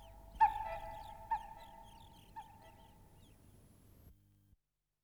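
Bird calls: three loud, harmonic, honking notes spaced about a second apart, each fainter than the last, over a low steady hum before it falls silent.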